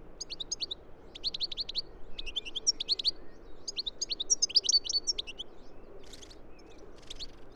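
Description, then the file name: European goldfinch giving rapid, liquid twittering calls in tinkling bursts of clustered notes, repeated throughout over a low steady background rumble. "Carduelis carduelis"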